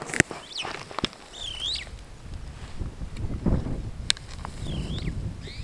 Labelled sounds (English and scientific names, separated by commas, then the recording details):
Superb Starling (Lamprotornis superbus) flight call
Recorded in Kenya on 14 June 2010
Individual 19, of group CF2